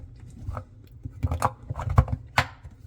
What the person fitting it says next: You hear the click, now it's in.